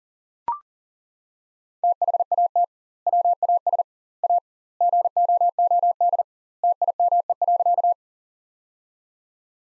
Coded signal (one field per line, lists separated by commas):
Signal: Morse code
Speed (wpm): 40 wpm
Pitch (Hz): 700 Hz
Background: none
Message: THAT WAS A GOOD TIME.